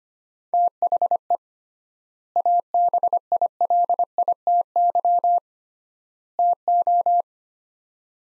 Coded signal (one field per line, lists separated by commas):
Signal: Morse code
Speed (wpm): 25 wpm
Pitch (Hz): 700 Hz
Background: none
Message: THE ABILITY TO